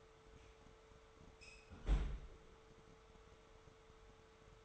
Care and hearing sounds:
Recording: daily activity, microphone in the room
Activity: close fridge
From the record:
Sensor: 3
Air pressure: 1014.9 hPa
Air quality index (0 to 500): 202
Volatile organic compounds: 30 ppm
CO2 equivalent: 2953 ppm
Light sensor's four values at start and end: 37/93/40/43 and 37/93/40/42

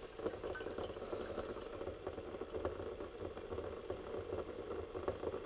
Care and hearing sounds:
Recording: daily activity, microphone in the room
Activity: make coffee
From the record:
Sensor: 4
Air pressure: 992.6 hPa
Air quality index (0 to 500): 142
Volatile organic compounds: 77 ppm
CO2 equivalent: 3580 ppm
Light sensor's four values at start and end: 17/60/22/23 and 17/58/21/22

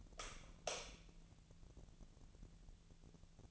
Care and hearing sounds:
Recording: daily activity, microphone in the room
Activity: light on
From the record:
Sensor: 4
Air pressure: 1000.9 hPa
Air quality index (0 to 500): 124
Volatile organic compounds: 1 ppm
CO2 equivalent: 930 ppm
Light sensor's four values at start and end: 31/76/32/34 and 34/86/35/39

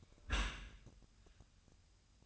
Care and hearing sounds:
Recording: daily activity, microphone in the room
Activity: close dishwasher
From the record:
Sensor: 2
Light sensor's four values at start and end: 6/15/6/6 and 6/15/6/6

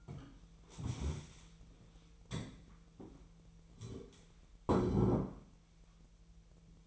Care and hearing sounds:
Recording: daily activity, microphone in the room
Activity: stand up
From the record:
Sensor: 1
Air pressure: 1002.0 hPa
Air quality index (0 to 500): 243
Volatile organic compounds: 107 ppm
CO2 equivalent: 3797 ppm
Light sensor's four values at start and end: 10/24/10/12 and 10/24/10/11

